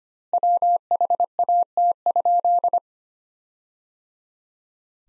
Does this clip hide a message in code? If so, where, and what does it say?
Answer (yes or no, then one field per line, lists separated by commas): yes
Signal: Morse code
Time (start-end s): 0.3-2.8 s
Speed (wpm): 25 wpm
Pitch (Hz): 700 Hz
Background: none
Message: WHAT?